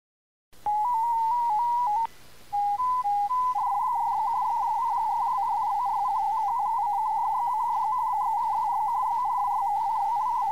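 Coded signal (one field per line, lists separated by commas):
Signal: multi-tone FSK (Olivia or MFSK type)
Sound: warbling tones hopping quickly around 900 Hz after a few slower steps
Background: faint steady whine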